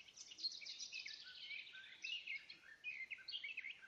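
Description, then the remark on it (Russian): A songbird sings continuously, a busy, varied stream of high chirps, whistles and quick trills that rise and fall without pause, with no voices present. “остановился, и мы слушаем пение. Я думаю, это скворец.”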